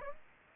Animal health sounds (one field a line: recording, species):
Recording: mosquito wingbeat signal from an infrared sensor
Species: Aedes aegypti